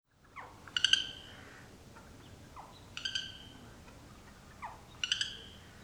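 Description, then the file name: Eurasian jay calls: a falling slur followed by a harsh, ringing note, repeated roughly every two seconds, three times in all. "Garrulus glandarius"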